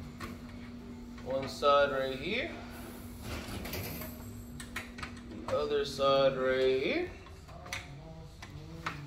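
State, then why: Seated. The other side of an Aruba 500 access point's AP mount D ceiling mount clip is pressed onto a ceiling grid T-bar rail while someone talks. Ticking clicks sound at 7.7 s and 8.9 s as the clip locks in place on the rail.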